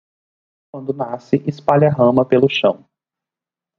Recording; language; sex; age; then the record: short text; Brazilian Portuguese; male; 30 to 39 years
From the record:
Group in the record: control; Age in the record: 30 years